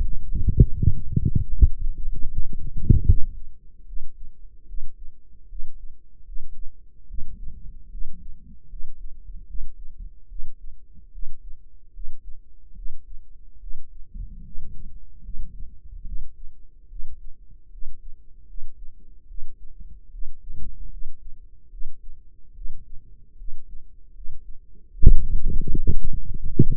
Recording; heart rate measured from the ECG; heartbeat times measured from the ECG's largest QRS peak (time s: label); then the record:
heart sounds by microphone in the right ear; 75 bpm
0.74 s: heartbeat
1.51 s: heartbeat
2.29 s: heartbeat
3.04 s: heartbeat
3.84 s: heartbeat
4.65 s: heartbeat
5.47 s: heartbeat
6.24 s: heartbeat
7.06 s: heartbeat
7.89 s: heartbeat
8.67 s: heartbeat
9.45 s: heartbeat
10.27 s: heartbeat
11.10 s: heartbeat
11.91 s: heartbeat
12.73 s: heartbeat
13.58 s: heartbeat
14.42 s: heartbeat
15.21 s: heartbeat
16.03 s: heartbeat
16.87 s: heartbeat
17.69 s: heartbeat
18.45 s: heartbeat
19.26 s: heartbeat
20.09 s: heartbeat
20.88 s: heartbeat
21.69 s: heartbeat
22.52 s: heartbeat
23.35 s: heartbeat
24.12 s: heartbeat
24.89 s: heartbeat
25.69 s: heartbeat
26.47 s: heartbeat
From the record:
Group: healthy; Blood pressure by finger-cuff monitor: 91/59 mmHg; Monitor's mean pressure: 69 mmHg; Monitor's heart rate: 75 bpm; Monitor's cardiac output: 5.6 L/min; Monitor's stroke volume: 76 mL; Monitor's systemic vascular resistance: 870 dyn s/cm5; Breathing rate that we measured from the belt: 20 breaths a minute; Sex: female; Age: 19 years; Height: 163 cm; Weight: 51 kg